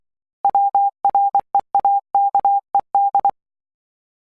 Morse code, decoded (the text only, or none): WREAKED